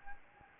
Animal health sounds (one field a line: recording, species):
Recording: mosquito wingbeat signal from an infrared sensor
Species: Anopheles arabiensis